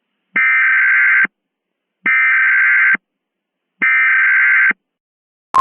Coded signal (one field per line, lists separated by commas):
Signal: Emergency Alert System (SAME) tones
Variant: header bursts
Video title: EAS Mock: A lake volcanic eruption (Remastered)